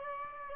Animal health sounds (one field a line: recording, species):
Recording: mosquito wingbeat signal from an infrared sensor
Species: Aedes aegypti